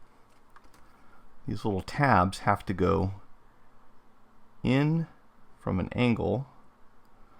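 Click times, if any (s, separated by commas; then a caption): none. A Joy-Con game controller's internal part is being fitted into its transparent plastic shell, its small tabs angled in from the inside. Someone talks while faint handling taps sound near 0.6 and 0.7 seconds. Nothing has seated or clicked yet; the tabs have not caught.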